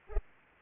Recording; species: mosquito wingbeat signal from an infrared sensor; Culex pipiens